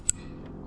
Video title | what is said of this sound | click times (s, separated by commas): How to Replace a Tail Light on a 2025 Ford Expedition (Save $$$ vs Dealer!) | There we go. There's the click. | 0.1 s